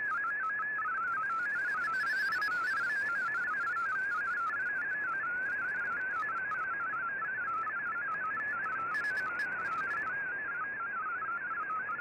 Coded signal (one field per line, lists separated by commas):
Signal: multi-tone FSK (Olivia or MFSK type)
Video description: Here is my decode of the Shortwave Radiogram broadcast today on 15770Khz shortwave radio at 1330UTC in MFSK32 and 64 with 9 SSTV images.